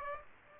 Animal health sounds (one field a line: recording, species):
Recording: mosquito wingbeat signal from an infrared sensor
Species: Aedes aegypti